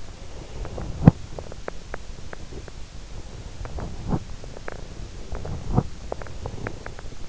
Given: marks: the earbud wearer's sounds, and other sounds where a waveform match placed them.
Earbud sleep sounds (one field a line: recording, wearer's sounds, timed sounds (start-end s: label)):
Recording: sounds in sleep by an in-ear microphone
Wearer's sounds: breath, teeth grinding, body movement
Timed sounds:
0.30-1.10 s: breath
0.56-1.47 s: teeth grinding
1.47-6.11 s: body movement
6.13-7.11 s: breath